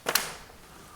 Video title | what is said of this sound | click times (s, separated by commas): Cleaning EcoShield Double and Single Hung Windows | you can either push it in and hear the clicks | 0.1 s, 0.2 s